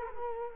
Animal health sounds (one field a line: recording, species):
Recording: mosquito wingbeat signal from an infrared sensor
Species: Culex quinquefasciatus